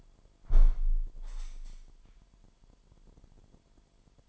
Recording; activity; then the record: daily activity, microphone in the room; close window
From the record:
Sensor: 5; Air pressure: 998.2 hPa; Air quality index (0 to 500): 93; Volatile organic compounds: 2 ppm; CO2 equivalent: 1062 ppm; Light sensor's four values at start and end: 22/53/22/24 and 22/53/22/24